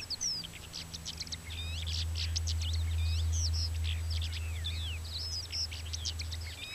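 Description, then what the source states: Mongolian lark song: rapid stream of high, sliding whistles and chirps, tumbling continuously over a steady low rumble of background noise. Male song with other males singing in the background.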